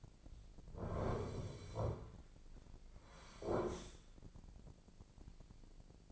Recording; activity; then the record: daily activity, microphone in the room; sit down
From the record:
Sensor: 5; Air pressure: 1009.3 hPa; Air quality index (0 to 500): 156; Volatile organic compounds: 2 ppm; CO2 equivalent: 1192 ppm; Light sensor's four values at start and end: 271/653/276/301 and 272/656/277/302